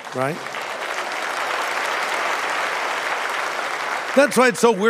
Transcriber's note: applause